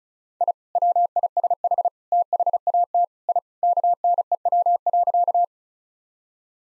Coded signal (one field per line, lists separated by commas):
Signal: Morse code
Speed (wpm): 34 wpm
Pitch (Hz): 700 Hz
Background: none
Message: I WISH THAT I KNEW.